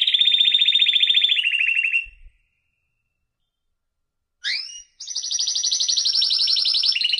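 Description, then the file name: Canary song: a rapid high trill that slides lower and stops, a pause of silence, then a quick swept note and another long ringing trill. "chant canari birdsforalldz"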